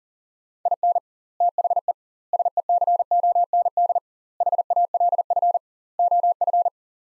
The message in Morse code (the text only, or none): IN THE SECOND HALF OF